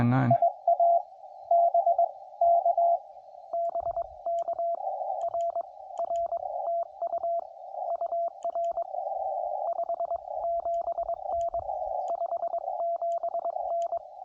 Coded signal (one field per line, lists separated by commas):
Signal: Morse code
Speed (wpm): 20 wpm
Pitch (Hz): 680 Hz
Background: speech, radio noise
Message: IA BK BK R R TU UR 57N 57N